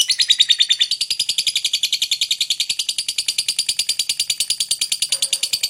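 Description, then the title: Lovebird chattering in a fast, continuous run of high, buzzy notes at a mostly steady pitch. Lovebird whose calling style is shown as very clever at memancing, baiting other birds into calling. "Dari Gayanya Lovebird Ini Terlihat Pintar Sekali Memancing"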